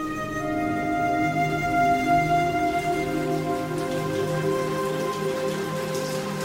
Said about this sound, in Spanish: Desde hacía ya 15 días la lluvia caía intermitentemente, y si esto era molesto en la ciudad, más daño provocaba en los campos, donde las cosechas podrían perderse.